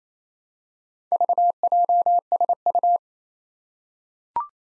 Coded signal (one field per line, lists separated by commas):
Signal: Morse code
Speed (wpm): 28 wpm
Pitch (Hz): 700 Hz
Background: none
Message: VJSU